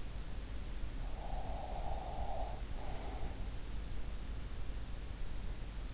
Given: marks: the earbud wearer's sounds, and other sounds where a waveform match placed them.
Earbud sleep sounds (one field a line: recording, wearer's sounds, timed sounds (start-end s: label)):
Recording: sounds in sleep by an in-ear microphone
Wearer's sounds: breath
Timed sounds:
0.90-4.03 s: breath